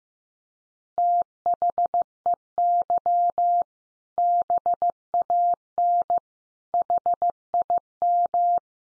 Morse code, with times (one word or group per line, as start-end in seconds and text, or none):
1.0-3.6 THEY
4.2-6.2 BAN
6.7-8.6 HIM